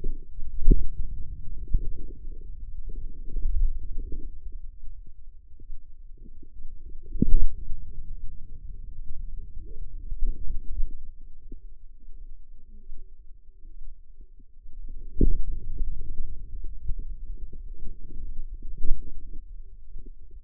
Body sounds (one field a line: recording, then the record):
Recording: forearm muscle sounds (acoustic myography)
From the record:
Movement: hand closing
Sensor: system 2, bracelet of six BSWA MPA416 microphones around the upper forearm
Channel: 6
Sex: female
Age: 25 years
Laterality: right